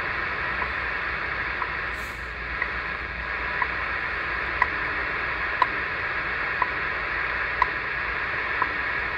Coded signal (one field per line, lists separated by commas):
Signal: radio time signal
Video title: A Night with the Realistic DX-100 Shortwave communications receiver WWV 15000 kHz End fed antenna